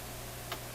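A higher-power microscope objective lens is fitted into the microscope nosepiece. A single short, sharp tick-like click sounds at 0.5 s over a steady low hum, and the lens is seated in place.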